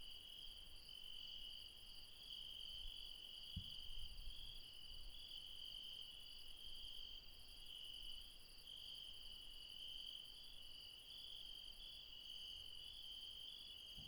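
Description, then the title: Insects trilling nonstop at night in overlapping high-pitched bands, with a soft low rumble in the background. Late night insects in the mountains at Refuge Krevatia, Barbala, Dion, Greece. "Refuge Krevatia, Μπαρμπαλά, Dion 601 00, Greece - Late night mountain insects"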